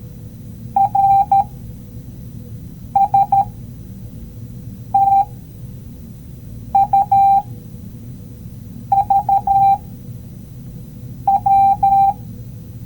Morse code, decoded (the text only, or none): R S T U V W